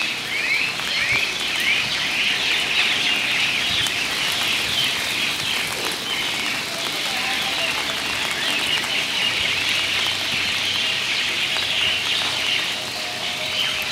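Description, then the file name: Birds chirping in a dense, continuous chorus of high twittering notes, with steady rain pattering and occasional sharp drips throughout. "Birds chriping in rain"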